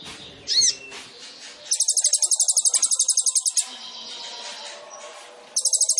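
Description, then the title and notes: Sunbird song: a swooping whistle, then a two-second rattling trill of very high repeated notes, with a brief trill at the end. Masteran for songbirds, used as a lure to prompt singing; full of isian (filler phrases) and tembakan (shots); the bird is gacor, singing actively. "MASTERAN KOLIBRI NINJA FULL ISIAN DAN TEMBAKAN COCOK BUAT PANCINGAN. Suara Burung Kolibri Ninja Gacor"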